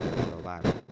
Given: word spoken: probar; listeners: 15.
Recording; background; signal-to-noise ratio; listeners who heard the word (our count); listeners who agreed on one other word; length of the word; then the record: one Spanish word in noise, from a listening test; noise modulated by one talker; -9.7 dB; 3 of 15; 12 of 15; 0.52 s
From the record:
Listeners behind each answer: 12, 3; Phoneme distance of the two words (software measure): 17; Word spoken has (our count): 2 syllables, 6 phonemes, stress on syllable 2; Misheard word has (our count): 2 syllables, 5 phonemes, stress on syllable 2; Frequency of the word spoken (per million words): 19.71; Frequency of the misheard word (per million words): 8.13